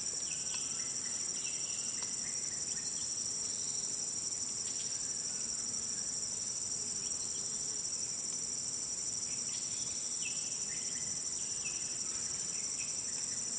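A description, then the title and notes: A loud, constant chorus of insects fills a calm day at Maliau Basin in Sabah, Malaysia, holding several steady, piercing high tones that never let up. Beneath it, faint chirping calls surface now and then, around the first second, midway and near the end. Lazy afternoon in Borneo. It's a calm day at Maliau Basin in Sabah, Malaysia. The dawn chorus is a distant memory and birds seem to be calling for the sheer pleasure of it. Insects dominate the soundscape though with their loud and constant chorus.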